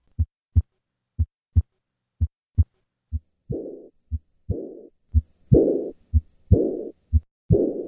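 A regular heartbeat at about 60 beats a minute in an adult with repaired tetralogy of Fallot. The first three beats have clean first and second sounds. After that, each second sound is followed by a low, rumbling, fading murmur in early diastole, the diastolic murmur of pulmonic insufficiency.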